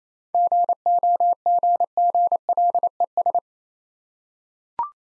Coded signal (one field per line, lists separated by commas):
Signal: Morse code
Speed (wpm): 28 wpm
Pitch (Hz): 700 Hz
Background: none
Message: GOGGLES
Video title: Easy Words - Speed-Racing with Hints - 22wpm